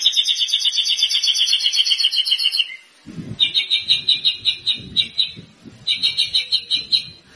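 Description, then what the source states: White-rumped shama song: long, fast, rattling trills repeated in bursts, with low thumping noises in the second half. Lure sound of a white-rumped shama in full, active song (gacor), used to provoke an immediate response from other birds.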